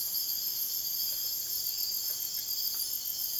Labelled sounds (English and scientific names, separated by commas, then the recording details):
none
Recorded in dense forest near Puerto Asís, Putumayo, Colombia, on 23 June 2025 at 01:00
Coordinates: 0.484, -76.325
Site H65